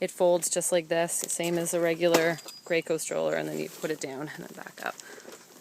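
Someone talks while handling a Graco Ready2Grow Sit and Stand stroller, folding the frame down and bringing it back up toward its open, upright position. The frame's fold latch has not yet locked, so nothing has seated or clicked yet.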